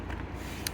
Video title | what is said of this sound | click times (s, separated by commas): New 2024 BMW X3 xDrive30i Review / 21" M Wheels / M Sport Package / BMW Test Drive Review with Trish | and then she just slides and it just pops right in and that's great I have coverage yeah | 0.7 s